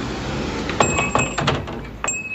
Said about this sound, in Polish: To jeszcze lepszy bajer mamy, jak wejdziemy, bo nam zadzwoni dzwonek, tak? Jest jeszcze dzwonek, jak w starym sklepie.